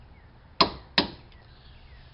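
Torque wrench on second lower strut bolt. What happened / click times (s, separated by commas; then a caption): Torque wrench clicked at its set torque / 0.6 s, 1.0 s. A click-type torque wrench set to 70 tightens the second lower strut bolt during a car strut installation. Two sharp clicks sound at 0.6 s and 1.0 s, confirming the wrench reached its setting and the lower bolts are done.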